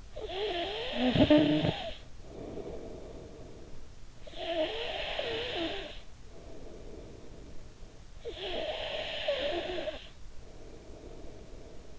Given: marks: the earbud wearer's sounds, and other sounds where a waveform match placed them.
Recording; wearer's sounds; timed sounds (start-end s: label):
sounds in sleep by an in-ear microphone; snoring breath
0.00-3.80 s: snoring breath
4.03-11.99 s: snoring breath